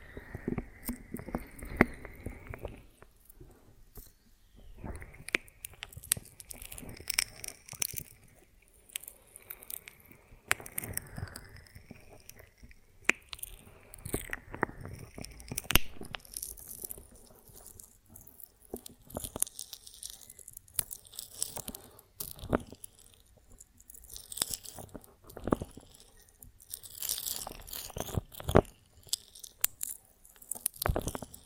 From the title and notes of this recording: ASMR of a Honeycomb on Branch (No Talking).